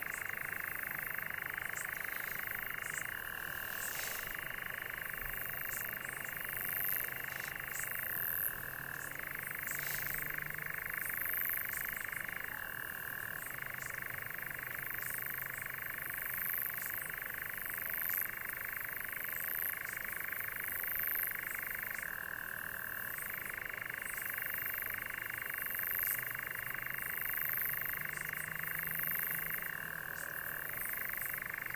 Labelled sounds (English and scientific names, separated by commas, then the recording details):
Eurasian Nightjar (Caprimulgus europaeus) song
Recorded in the wild
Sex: male
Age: adult
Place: Tiuccia, Corsica, FR
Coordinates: 42.0692, 8.73167
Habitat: macchia
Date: 2011-07-16
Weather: 20°C, clear night, almost windless
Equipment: Fostex FR2-LE, Sennheiser ME66, Popschutz
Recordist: Frommolt, Karl-Heinz